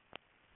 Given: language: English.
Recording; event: throat vibration sensor signal played as sound; swallow